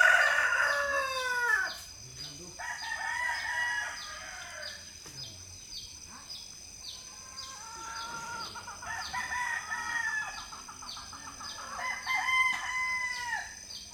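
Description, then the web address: Chicken crows overlapping: a loud, falling crow opens, and several more drawn-out, tailing calls follow, backed by a continuous rapid, high ticking. Chicken hens in a quiet village in the Philippines, recorded in the early morning. "Philippines sound library by Faunethic Village quiet chicken hen symphony early the morning"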